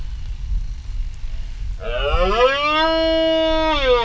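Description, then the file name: Iberian red deer roaring: after low rumbling noise, a sustained rich harmonic bellow begins, rises slightly, then holds a fairly steady pitch to the end. One male. "Cervus elaphus hispanicus 1 male"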